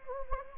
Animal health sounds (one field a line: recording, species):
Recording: mosquito wingbeat signal from an infrared sensor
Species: Anopheles gambiae